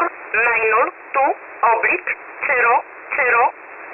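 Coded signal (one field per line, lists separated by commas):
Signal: numbers station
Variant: E11 Oblique, English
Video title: 28 08 2021 Number station E11 Oblique in English to Eu 0730 on 7377 unknown tx site in USB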